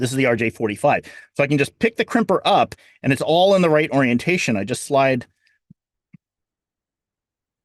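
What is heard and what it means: Someone talks while sliding an RJ45 plug on an Ethernet cable into the die of a crimping tool, but it goes into the wrong slot and has to go on the other side. After the talking stops, two soft, brief bumps at about 5.5 and 6.1 seconds come from the plastic plug being handled. No crimp click has happened yet.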